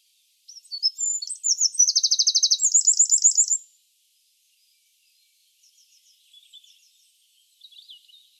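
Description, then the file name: Eurasian wren song, a high, rapid burst of piercing notes leading into a bright, even trill, lasting around three seconds, followed by quiet with soft, faint twittering. "Troglodytes troglodytes"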